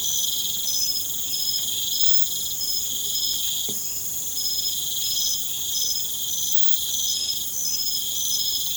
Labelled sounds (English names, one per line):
none